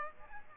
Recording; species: mosquito wingbeat signal from an infrared sensor; Aedes aegypti